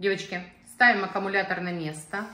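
A plastic battery pack is put in place and slid into a Teqqo Powerstick Plus cordless stick vacuum while someone talks throughout. The battery has not seated or clicked yet by the end of the clip.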